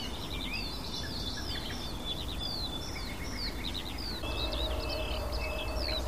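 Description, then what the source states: Barred Warbler song, quick scratchy warbling phrases of short high notes, over a steady low background rumble. Melodious, splashing, varied, hurried song full of imitations, ending abruptly; visible bird about 20 paces directly in front of the recordist; species has become rare.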